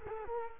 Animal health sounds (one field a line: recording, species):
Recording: mosquito wingbeat signal from an infrared sensor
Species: Culex quinquefasciatus